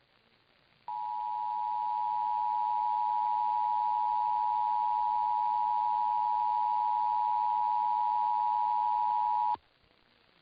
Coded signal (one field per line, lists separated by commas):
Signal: Emergency Alert System (SAME) tones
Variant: 853 and 960 Hz attention tone